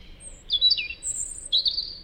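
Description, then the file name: European robin song, a rapid run of varied thin whistles and high squeaky notes jumping between pitches. "Erithacus rubecula"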